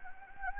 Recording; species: mosquito wingbeat signal from an infrared sensor; Anopheles gambiae